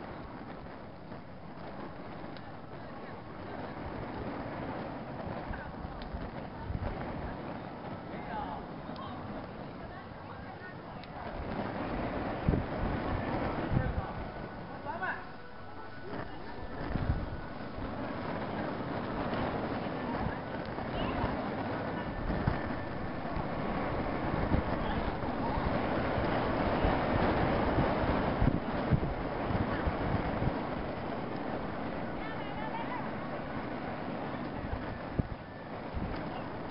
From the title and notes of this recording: Wind blowing candle flames outside temple. Ambient sounds mix with the wind blowing through the flames of the many lit candles outside the Temple at the Golden Summit atop Mt. Emeishan, near Leshan, China.